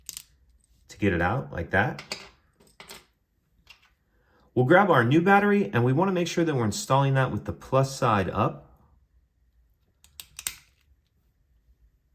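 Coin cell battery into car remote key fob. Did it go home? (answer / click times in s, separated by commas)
yes / 10.5 s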